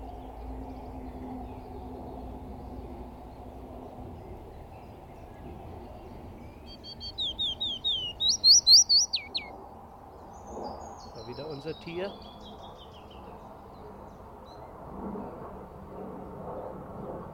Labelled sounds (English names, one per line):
Willow Warbler